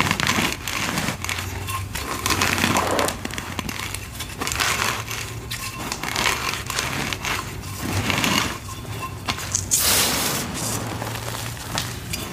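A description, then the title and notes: Dyed gym chalk blocks are crushed, giving dense, crunchy crackles that run almost without pause for twelve seconds. The crunching swells in bursts, with a bright sharp snap near ten seconds, over a faint low hum. Crunchy Dyed Gym Chalk Crush. Crunchy gym chalk crushing, ocks and cubes, covered in baby oil and crushed for ASMR stress relief.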